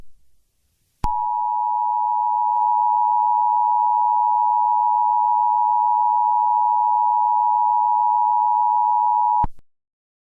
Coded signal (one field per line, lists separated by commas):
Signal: Emergency Alert System (SAME) tones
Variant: 853 and 960 Hz attention tone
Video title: EAS Test